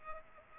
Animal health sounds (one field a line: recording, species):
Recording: mosquito wingbeat signal from an infrared sensor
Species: Culex pipiens